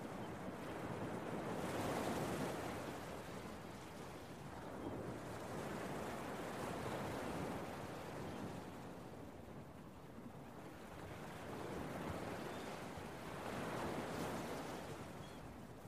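Beach waves wash in a steady, dense hiss, swelling and easing every few seconds, with the biggest surges near 2, 7 and 14 seconds. A low, constant rumble of wind runs underneath throughout.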